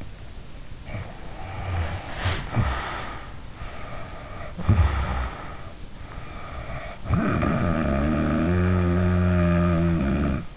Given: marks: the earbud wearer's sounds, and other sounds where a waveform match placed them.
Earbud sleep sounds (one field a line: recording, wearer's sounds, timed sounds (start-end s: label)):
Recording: sounds in sleep by an in-ear microphone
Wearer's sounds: teeth grinding, snoring breath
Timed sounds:
0.00-0.24 s: teeth grinding
0.78-3.49 s: snoring breath
3.55-5.92 s: snoring breath
6.04-10.57 s: snoring breath